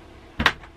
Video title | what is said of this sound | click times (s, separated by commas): 42 De compressor koelkast | En zo zit hij vergrendeld tijdens het rijden. | 0.4 s, 0.5 s